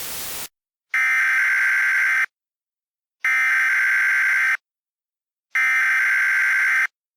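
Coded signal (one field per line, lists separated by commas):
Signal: Emergency Alert System (SAME) tones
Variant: header bursts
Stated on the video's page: Simulated mock alert, voiced recreation.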